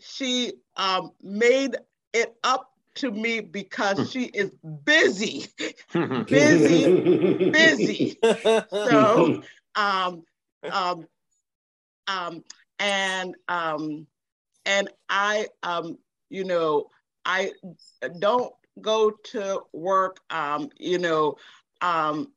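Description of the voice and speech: Adult woman with aphasia after a stroke nine days after giving birth, hospitalized for three months, now in therapy. Her speech is effortful and halting, with repeated words ("busy, busy, busy"), frequent filled pauses ("um") and long silences between short phrases.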